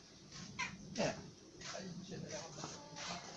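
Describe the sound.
A cat gives a couple of short, rising-and-falling meows over a steady hiss of background noise, with faint human voices murmuring underneath.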